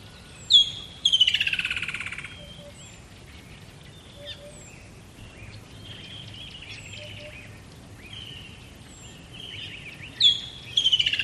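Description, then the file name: Bird call: a high whistled note leading into a buzzy rattle, then scattered thin chirps, and the whistle-and-rattle returning at the end over steady low noise. Dawn ambience by a river in the bush, with the bird close to the microphone. "smartsound ATMO BUSH River Dawn Bird Close"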